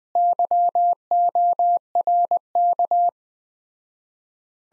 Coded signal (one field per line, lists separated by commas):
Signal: Morse code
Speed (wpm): 20 wpm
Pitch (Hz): 700 Hz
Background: none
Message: YORK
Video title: Common QSO Phrases Encore Speed-Racing - 15wpm